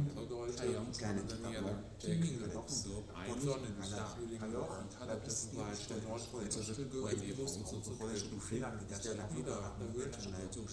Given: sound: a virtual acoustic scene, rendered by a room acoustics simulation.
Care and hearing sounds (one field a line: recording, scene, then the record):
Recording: noise of the scene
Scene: underground station, no trains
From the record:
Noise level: 70 dB SPL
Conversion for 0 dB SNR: 0.7 dB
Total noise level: 70.7 dB SPL